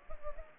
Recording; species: mosquito wingbeat signal from an infrared sensor; Anopheles arabiensis